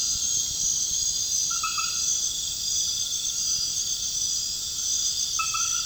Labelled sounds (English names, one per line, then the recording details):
none
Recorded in pastures near Puerto Asís, Putumayo, Colombia, on 30 June 2025 at 21:00
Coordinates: 0.466, -76.322
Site GP07